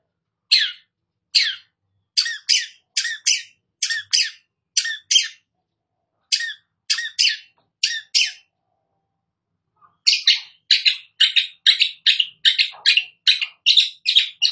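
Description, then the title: Long-tailed shrike song of short, scratchy chirps, then after a pause a dense run of harsh repeated notes. Singing vigorously (gacor). "Cendet Gacor"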